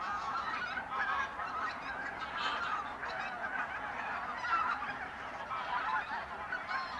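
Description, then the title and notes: Goose: many geese honk together in a continuous clamour, individual cackling notes rising briefly above the dense chorus. Binaural recording of birds at a re-naturalised polder area in Sellstedt, Germany, 9 November 2020; ORTF pair of small microphones with windshield, handheld recorder. "Binaural recording of birds at Polder Glies, Sellstedt, Germany"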